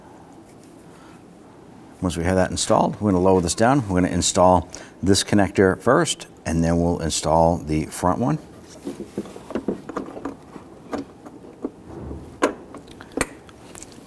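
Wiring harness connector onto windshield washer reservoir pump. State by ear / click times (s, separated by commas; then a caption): seated / 12.4 s, 13.2 s. Someone talks while working on a 2007-2021 Toyota Tundra, then a wiring harness connector is pressed onto the washer pump or level sensor on a new plastic windshield washer reservoir, with light handling sounds in between. Sharp clicks at 12.4 s and 13.2 s mark the connector seating.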